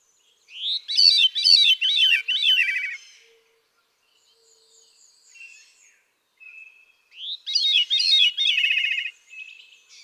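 Veery song: two loud phrases of rolling, downward-spiralling fluty notes lasting about two seconds each, separated by a quiet pause with faint high thin notes.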